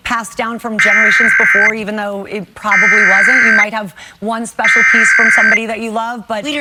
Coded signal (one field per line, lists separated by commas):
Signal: Emergency Alert System (SAME) tones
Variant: header bursts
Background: speech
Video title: Week of 03/15/2026 EAS Capture 732-753